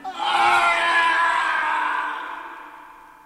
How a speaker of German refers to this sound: Warum schreit ihr plötzlich? Ich glaubte, ich fiele. Herr, ihr saßet ganz ruhig.